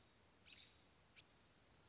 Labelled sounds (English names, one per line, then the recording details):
American Robin
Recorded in Sonoma County, California